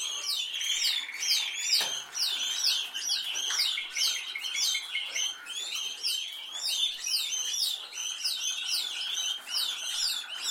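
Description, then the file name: Canary song made of quick, repeated high chirping syllables, with a brief steady whistled tone early on. "Canary Voice"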